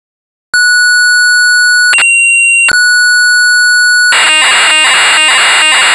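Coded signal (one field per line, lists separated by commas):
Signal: computer data on cassette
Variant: Amstrad CPC 464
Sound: steady pure lead tones changing pitch, then a harsh buzzing data screech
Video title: Castle of the Skull Lord (1984) - Amstrad CPC 464 (Full Tape Rip / Cassette Load)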